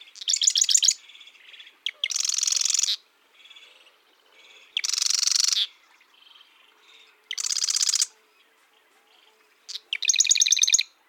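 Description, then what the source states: Marsh wren song: five loud, rapid buzzy and rattling bursts, some a mechanical trill and some a harsh buzz, with soft short notes between them. Marsh wren with eastern genes singing mixed songs; North America.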